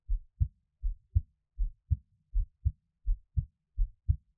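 A normal adult heartbeat heard close up: steady paired lub-dub beats at about 80 per minute.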